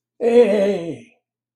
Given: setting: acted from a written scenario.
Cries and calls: vocal sound without words; triumph

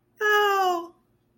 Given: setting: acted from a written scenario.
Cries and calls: vocal sound without words; elation

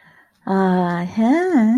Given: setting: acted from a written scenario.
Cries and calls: vocal sound without words; guilt

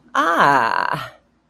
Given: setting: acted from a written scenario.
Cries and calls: vocal sound without words; pride

